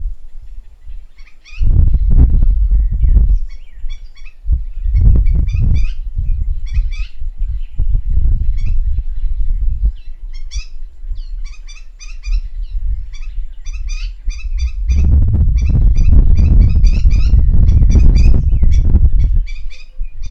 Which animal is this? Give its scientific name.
Eurocephalus ruppelli